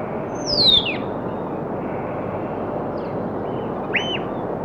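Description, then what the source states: Birds: a bird gives a loud, sharply descending whistle, followed a few seconds later by a short arched call note, over a steady rushing background. Birds calling on a rocky shoreline.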